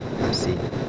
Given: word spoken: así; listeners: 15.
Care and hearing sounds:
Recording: one Spanish word in noise, from a listening test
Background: noise modulated by three-talker babble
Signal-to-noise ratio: -4.7 dB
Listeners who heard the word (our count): 2 of 15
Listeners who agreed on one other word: 6 of 15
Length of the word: 0.49 s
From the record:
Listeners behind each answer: 6, 2, 2, 2, 1, 1, 1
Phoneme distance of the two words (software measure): 21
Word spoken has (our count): 2 syllables, 3 phonemes, stress on syllable 2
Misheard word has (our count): 2 syllables, 4 phonemes, stress on syllable 1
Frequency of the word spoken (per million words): 1020.23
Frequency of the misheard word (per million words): 37.09

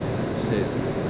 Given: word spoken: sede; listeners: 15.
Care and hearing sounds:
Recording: one Spanish word in noise, from a listening test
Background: speech-shaped noise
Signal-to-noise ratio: -5.7 dB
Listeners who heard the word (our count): 0 of 15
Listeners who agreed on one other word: 11 of 15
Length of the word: 0.71 s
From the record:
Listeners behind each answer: 11, 1, 1, 1, 1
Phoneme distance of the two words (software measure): 17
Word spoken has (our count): 2 syllables, 4 phonemes, stress on syllable 1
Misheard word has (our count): 1 syllable, 3 phonemes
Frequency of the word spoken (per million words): 64.02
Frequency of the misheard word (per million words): 1526.78

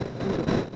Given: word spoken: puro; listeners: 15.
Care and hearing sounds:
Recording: one Spanish word in noise, from a listening test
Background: noise modulated by three-talker babble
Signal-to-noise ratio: -5.2 dB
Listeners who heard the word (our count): 4 of 15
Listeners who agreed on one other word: 7 of 15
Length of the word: 0.36 s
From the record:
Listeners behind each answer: 7, 4, 1, 1, 1, 1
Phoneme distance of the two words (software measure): 10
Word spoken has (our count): 2 syllables, 4 phonemes, stress on syllable 1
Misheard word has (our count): 2 syllables, 4 phonemes, stress on syllable 1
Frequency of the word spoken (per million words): 38.93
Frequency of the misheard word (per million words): 53.28

